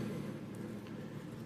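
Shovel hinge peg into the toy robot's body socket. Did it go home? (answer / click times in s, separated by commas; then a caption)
no / none. During the transformation of a Transformers Studio Series 86 Bonecrusher plastic action figure, the shovel's hinge peg is being handled toward its socket on the toy robot's body. A steady low hum fills the clip, with a faint brief tick at about 0.9 s. Nothing has seated or clicked yet.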